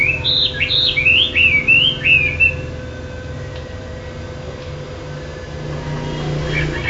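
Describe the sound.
Bird gives a short burst of rising, slurred whistles for about two and a half seconds, then near quiet with a faint hum.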